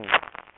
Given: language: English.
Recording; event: throat vibration sensor signal played as sound; throat clearing